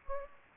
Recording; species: mosquito wingbeat signal from an infrared sensor; Anopheles gambiae